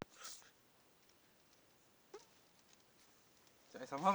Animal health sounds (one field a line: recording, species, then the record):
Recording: mosquito flight sound by mobile phone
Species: Aedes sierrensis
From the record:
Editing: field recording with all noises